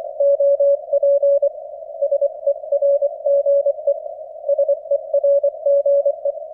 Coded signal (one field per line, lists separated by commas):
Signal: Morse code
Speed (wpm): 24 wpm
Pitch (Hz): 560 Hz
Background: none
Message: OP SERGE SERGE